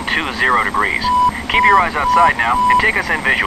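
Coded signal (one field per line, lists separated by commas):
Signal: none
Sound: flight simulator cockpit beeps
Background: speech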